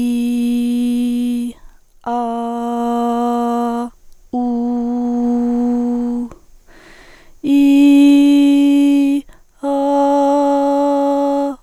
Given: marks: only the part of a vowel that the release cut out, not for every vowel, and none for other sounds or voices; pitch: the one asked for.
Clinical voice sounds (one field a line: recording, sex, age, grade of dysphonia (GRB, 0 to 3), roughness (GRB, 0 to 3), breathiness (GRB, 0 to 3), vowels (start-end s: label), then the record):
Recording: sustained vowels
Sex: female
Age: 20 to 29 years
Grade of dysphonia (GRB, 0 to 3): 0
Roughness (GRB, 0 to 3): 0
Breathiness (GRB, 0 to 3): 0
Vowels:
0.00-1.34 s: vowel /i/, normal pitch
2.25-3.71 s: vowel /a/, normal pitch
4.50-6.08 s: vowel /u/, normal pitch
7.64-9.01 s: vowel /i/, high pitch
9.86-11.33 s: vowel /a/, high pitch
From the record:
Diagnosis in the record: healthy voice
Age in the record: 21 years